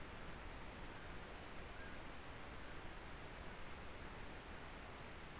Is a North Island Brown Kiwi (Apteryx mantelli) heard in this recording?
no